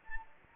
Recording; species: mosquito wingbeat signal from an infrared sensor; Anopheles gambiae